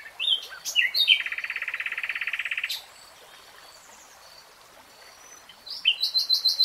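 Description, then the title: Nightingale song: a few sharp notes leading into a rapid, rattling trill, then silence before a new phrase of quick repeated chirps. Real-time recording. "[Tiếng chim hót] Nightingale Singing"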